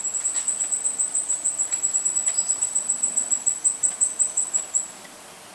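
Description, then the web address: Green-and-black fruiteater call: a long, very high, thin series of rapid, regular notes lasting about five seconds, then quiet, over steady background hiss. Recorded in Ecuador. "Natures Songs S America Birds of Ecuador Green-and-black Fruiteater"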